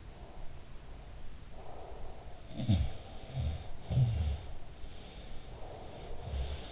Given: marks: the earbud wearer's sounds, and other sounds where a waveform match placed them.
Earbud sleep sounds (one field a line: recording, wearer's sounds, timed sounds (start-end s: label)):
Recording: sounds in sleep by an in-ear microphone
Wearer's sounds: breath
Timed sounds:
0.07-2.56 s: breath
2.41-4.84 s: sound from someone else or the room
4.93-6.72 s: sound from someone else or the room